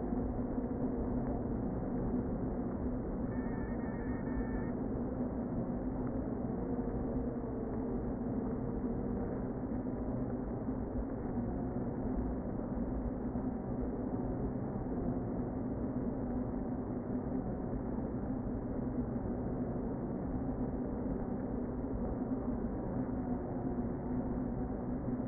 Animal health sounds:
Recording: honeybee colony, microphone inside the hive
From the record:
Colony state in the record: queen present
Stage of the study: before two queens were removed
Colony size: about 60,000 bees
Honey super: yes

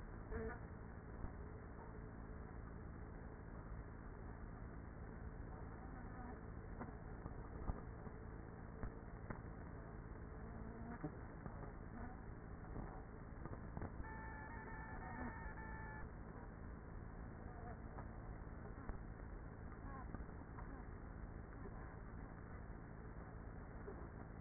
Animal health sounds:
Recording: honeybee colony, microphone inside the hive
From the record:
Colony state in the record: queenless with a low population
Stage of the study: after two queens were removed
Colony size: about 30,000 bees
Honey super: no

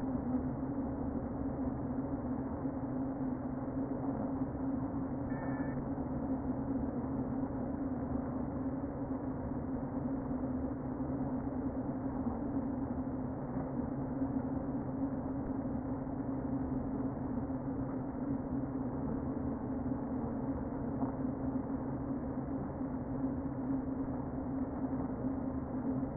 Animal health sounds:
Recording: honeybee colony, microphone inside the hive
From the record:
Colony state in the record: queen present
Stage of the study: before two queens were removed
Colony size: about 60,000 bees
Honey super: yes

